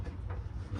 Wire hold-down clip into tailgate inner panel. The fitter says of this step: Right there's another hold down. You get that snapped in place.